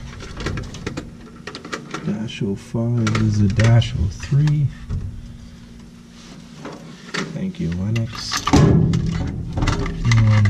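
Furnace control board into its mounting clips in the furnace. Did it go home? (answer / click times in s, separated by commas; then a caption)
yes / 10.1 s. Someone talks while handling a new control board for a Lennox EL296 furnace, with a series of light taps and knocks as the board is worked into place. The board goes in at an angle and is pushed into its mounting clips in the furnace until it snaps in with a sharp click at 10.1 s, seating it.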